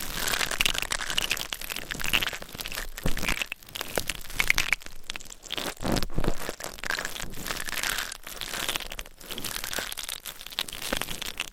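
Scratching and tapping with nails and small items, a dense crinkly texture of rapid scrapes that runs through the whole clip. Sharp taps break in irregularly, especially around two, five to six, and nine seconds, with brief quiet gaps between bursts.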